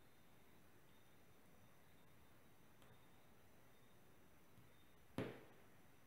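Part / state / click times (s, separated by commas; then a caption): phone cable connector into board socket / seated / 5.2 s. After the cables are placed back in their groove, a cable connector on a Galaxy S6 edge phone is pressed home into its board socket during a charging port replacement. A near-silent stretch with a faint steady high hum ends in one sharp tick at 5.2 s that fades quickly. The connector seats in place.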